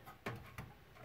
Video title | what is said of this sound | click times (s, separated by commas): Assembling My New Ryzen Test Bench | card there we go you hear that click it's in there now ok | 0.3 s